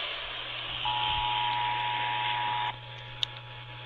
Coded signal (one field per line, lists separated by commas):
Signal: Emergency Alert System (SAME) tones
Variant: 853 and 960 Hz attention tone